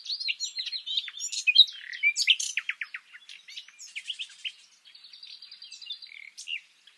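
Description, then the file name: Common nightingale song, a rich, continuous run of varied chirps, rapid downslurred notes and short trills, ending in a quick repeated phrase. "Luscinia megarhynchos"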